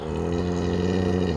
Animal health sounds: contact call of a hoofed animal; cattle; low-frequency (closed-mouth) or high-frequency (open-mouth) call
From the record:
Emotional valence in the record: negative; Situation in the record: full separation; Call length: 1.36 s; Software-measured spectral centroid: 1520 Hz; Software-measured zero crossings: 1370 a second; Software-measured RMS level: -24 dBFS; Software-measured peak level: -11 dBFS

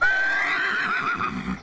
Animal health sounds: contact call of a hoofed animal; horse; whinny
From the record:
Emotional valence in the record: negative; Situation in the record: separation from one group member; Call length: 1.63 s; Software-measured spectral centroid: 2010 Hz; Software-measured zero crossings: 2880 a second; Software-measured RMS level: -24 dBFS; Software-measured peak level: -11 dBFS

